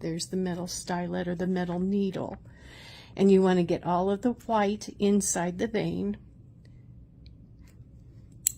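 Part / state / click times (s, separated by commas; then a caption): IV needle stylet retracting into the catheter's safety chamber / seated / 8.5 s. Someone talks while the metal stylet (needle) of a plastic IV catheter is pulled back into its safety chamber. After the talking stops, a few faint ticks are heard, then a single sharp click at 8.5 s as the stylet locks, showing it is completely inside.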